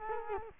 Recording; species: mosquito wingbeat signal from an infrared sensor; Culex quinquefasciatus